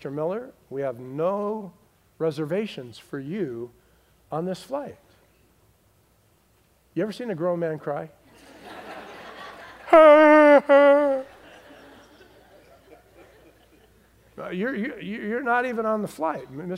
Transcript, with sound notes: Miller, we have no reservations for you on this flight.” You ever seen a grown man cry? [crying] “You’re not even on the flight, Mr.